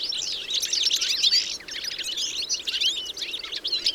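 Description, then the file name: European goldfinch chatter, a thick burst of sharp high chirps and tinkling trills, dipping slightly partway through then resuming just as busily. "Carduelis carduelis"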